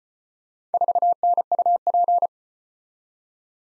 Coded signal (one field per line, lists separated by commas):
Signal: Morse code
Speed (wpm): 32 wpm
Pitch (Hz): 700 Hz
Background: none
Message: 4NUP